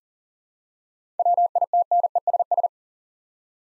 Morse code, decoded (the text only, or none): WITNESS